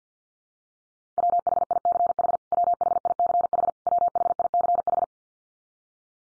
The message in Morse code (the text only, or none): WHICH WHICH WHICH